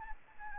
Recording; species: mosquito wingbeat signal from an infrared sensor; Anopheles gambiae